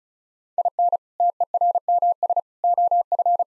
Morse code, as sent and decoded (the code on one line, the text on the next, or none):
.. -. / - . .-. -- ... / --- ..-.
IN TERMS OF